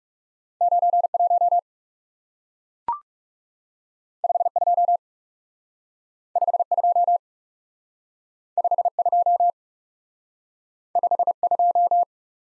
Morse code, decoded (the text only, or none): 9 1 5 2 5 2 5 2 5 2